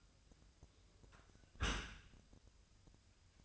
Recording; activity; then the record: daily activity, microphone in the room; close dishwasher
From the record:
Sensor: 2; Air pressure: 1004.6 hPa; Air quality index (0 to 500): 108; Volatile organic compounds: 2 ppm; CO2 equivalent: 1300 ppm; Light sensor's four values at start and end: 6/15/6/6 and 6/15/6/6